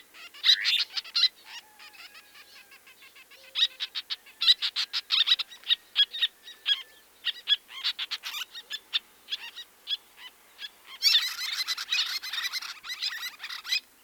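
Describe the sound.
Birdsong of rapid high chirps and trills, thinning briefly in the middle before a dense, brighter burst of twittering near the end.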